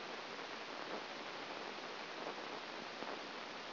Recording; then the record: brain microelectrode recording played as sound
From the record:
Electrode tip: inside the subthalamic nucleus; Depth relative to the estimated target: 2 mm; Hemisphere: right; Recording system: AlphaMap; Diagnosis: Parkinson's disease